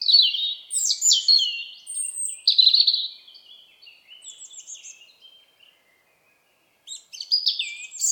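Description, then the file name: European robin song: high, thin warbled phrases with rapid trills and sliding notes, pausing briefly before resuming. "Erithacus rubecula"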